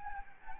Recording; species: mosquito wingbeat signal from an infrared sensor; Anopheles gambiae